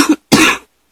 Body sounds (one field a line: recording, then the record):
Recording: coughing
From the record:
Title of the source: 64 coughing, allergies, singing lungs